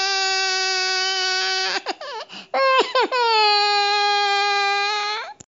Baby Crying.